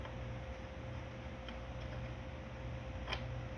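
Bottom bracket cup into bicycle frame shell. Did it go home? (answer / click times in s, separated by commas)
no / none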